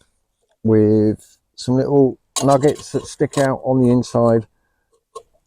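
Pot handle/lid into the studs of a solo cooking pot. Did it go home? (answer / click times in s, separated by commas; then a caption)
yes / 5.2 s. A folding handle or lid with small holes is lined up over the little studs on the inside of an OEX Tacana solo metal camping pot and twisted to lock in place, so the whole pot could be picked up by it. Someone talks for most of the clip, then a short, sharp click at 5.2 s marks the handle locking onto the pot, followed by a faint tick. The handle is seated.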